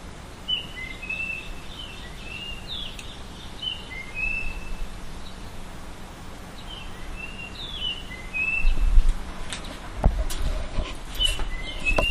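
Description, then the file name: Japanese grosbeak song: clear whistled phrases of several rising and falling notes, repeated over a steady low hum, with clicks and rustling toward the end. "ikaru"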